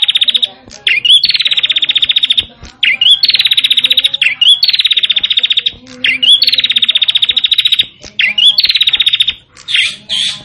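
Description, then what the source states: Prinia song: a short upslurred note, then a long, fast, buzzy run of identical pulses, repeated several times. Song style called cemplir.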